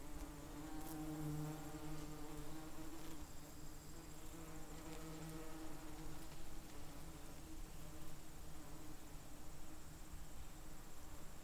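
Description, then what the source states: Bees droning continuously with a low, even buzz rich in overtones, holding steady throughout. Bees, recorded close.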